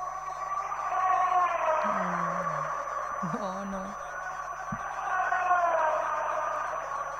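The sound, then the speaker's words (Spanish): Racing car engines drone steadily throughout, a dense high whine that rises and falls in pitch, with a few low, sliding tones briefly cutting through the noise. “Estamos como escuchando unos ruidos de motores, ¿no?”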